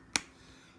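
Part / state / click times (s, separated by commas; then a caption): memory card/slot cover into 360 camera body / seated / 0.2 s. A microSD card, or its slot cover, is pushed home into a Samsung Gear 360 camera body after being reinserted. A single sharp plastic snap at 0.2 s shows it clicking back into place, followed by quiet with a faint tick at the very end.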